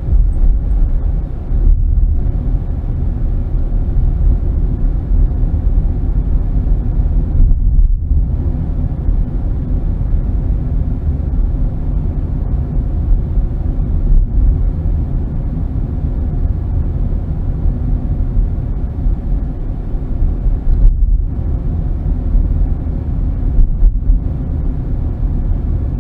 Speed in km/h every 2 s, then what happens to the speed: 29, 31, 34, 35, 35, 35, 35, 35, 35, 34, 35, 35, 35.
0-5 speeds up to 35. 5-26 steady at about 35.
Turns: none.